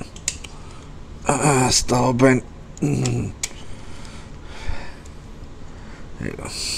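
A plastic panel on a Transformers The Last Knight Premier Edition Leader Class Megatron robot toy is pulled open again by hand, giving a sharp snap at 0.3 s as the stubborn section releases. Someone talks afterward, with a few faint clicks and handling sounds.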